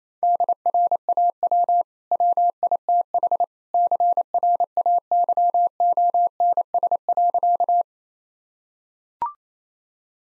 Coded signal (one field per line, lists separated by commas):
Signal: Morse code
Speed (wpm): 27 wpm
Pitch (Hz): 700 Hz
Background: none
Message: DRAW WITH CRAYONS.